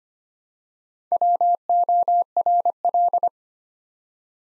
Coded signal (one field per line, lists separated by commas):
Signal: Morse code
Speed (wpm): 25 wpm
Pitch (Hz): 700 Hz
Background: none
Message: WORL